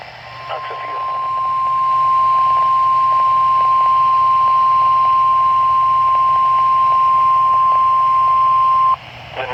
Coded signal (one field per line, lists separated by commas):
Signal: Emergency Alert System (SAME) tones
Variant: 1050 Hz attention tone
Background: speech